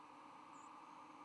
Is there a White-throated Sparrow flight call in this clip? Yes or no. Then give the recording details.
yes. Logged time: 04:16 on 10 November 2014